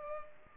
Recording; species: mosquito wingbeat signal from an infrared sensor; Culex pipiens